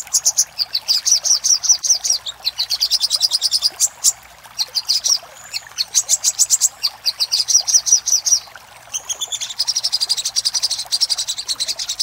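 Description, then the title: Little spiderhunter song: extended fast chattering of very high notes in long runs, separated by brief pauses. Master recording made for training caged birds; Indonesian name Sogok Ontong. "Masteran Burung Sogok Ontong Labaik"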